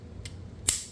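A folding plastic panel on the body of a Transformers Studio Series Leader Class Shockwave transforming action figure is pushed in. A faint tick at 0.3 s is followed by a sharp, bright click at 0.7 s as the panel clicks into place and is seated.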